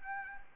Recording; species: mosquito wingbeat signal from an infrared sensor; Anopheles arabiensis